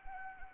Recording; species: mosquito wingbeat signal from an infrared sensor; Anopheles arabiensis